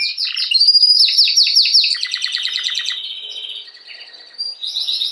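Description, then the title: Belgian canary song, a rapid run of bright trills and chirps high in pitch, shifting through repeated syllables, with a quieter stretch before a louder close. Male Belgian canary singing a lot, to warm up a young bird. "Esquente Seu Filhote E Canario Belga Em 30 Minutos Macho Cantando Muito"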